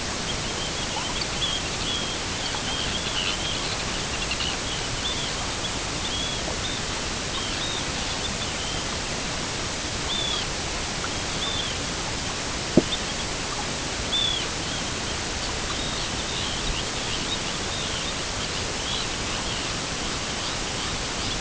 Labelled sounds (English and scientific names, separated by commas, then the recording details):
Arctic Tern (Sterna paradisaea)
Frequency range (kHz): Arctic Tern (Sterna paradisaea) 1.9-5.5 kHz
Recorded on Arctic tundra, site EABA-MC, on 22 June 2019
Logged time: 16:00